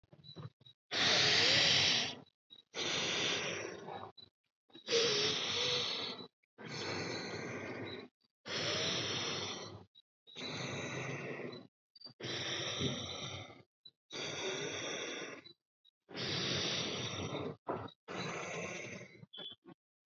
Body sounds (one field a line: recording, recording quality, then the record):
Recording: deep breathing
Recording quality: excellent, no background noise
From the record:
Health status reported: COVID-19 positive, no symptoms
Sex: female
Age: 24 years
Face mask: not worn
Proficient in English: yes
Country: India